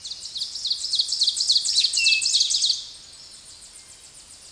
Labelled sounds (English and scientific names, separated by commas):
Ovenbird (Seiurus aurocapilla) song